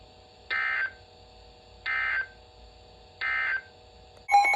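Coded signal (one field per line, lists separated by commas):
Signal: Emergency Alert System (SAME) tones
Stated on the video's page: Severe storm and flash flood alerts from NOAA weather radio transmitters in Ohio, including a double header.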